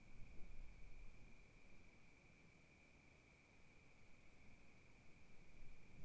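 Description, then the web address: Crickets trilling: a steady, unbroken high-pitched drone running throughout, over low rumbling wind gusts that swell and fade. Recorded at night at Kiger Lookout, Oregon, in 2015, with gentle wind gusts. "Discover Oregon - Wilderness Crickets Crickets 2015 Kiger Lookout Night Crickets Gusts Gentle"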